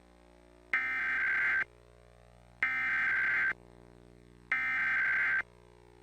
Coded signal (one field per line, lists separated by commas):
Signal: Emergency Alert System (SAME) tones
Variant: header bursts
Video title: Top 5 Worst EAS Required Monthly Test Audios Ever (PART 1)